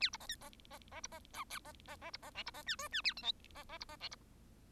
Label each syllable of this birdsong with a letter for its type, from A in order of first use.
A B C D C C C B C E F C C C B C G B C H I H A J K C C B C G B